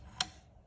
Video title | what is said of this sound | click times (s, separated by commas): Brother PT-D220 - Factory Reset and installing a new Cutter Blade in your P-touch label printer! | gonna push down. You heard that tiny little click. | 0.2 s